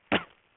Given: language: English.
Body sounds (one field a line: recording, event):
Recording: throat vibration sensor signal played as sound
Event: cough